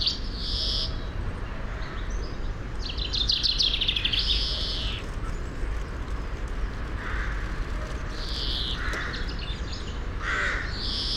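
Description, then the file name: European greenfinch giving several buzzy, wheezing calls throughout, mixed with shorter chirps, under a steady low rumble. "Chloris chloris"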